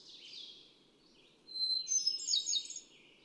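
Hermit thrush sings a flute-like phrase, a held note climbing into quick ringing trills, over a faint low background hum.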